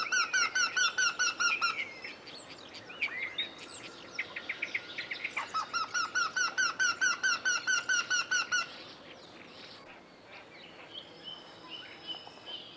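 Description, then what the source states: Eurasian wryneck call: two bursts of fast, evenly repeated nasal whistled notes, with other small birds chirping between and after the series. Vocal in spring and early summer, then hides well; autumn migration toward Africa begins in August.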